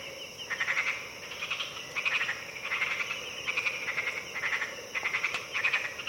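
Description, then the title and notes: Frogs: rattling pulsed croaks in repeated short bursts over a continuous high insect hum. Frogs punctuating a lush insect chorus early at dawn, deep in the Harenna Forest. "Early at dawn, deep in the Harenna Forest. Colobus monkeys wake up and utter their terrifying territorial calls with a lush insect chorus background punctuated by frogs. African Cloud Forest"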